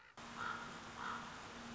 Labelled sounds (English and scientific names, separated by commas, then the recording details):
Common Raven (Corvus corax)
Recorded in Sonoma County, California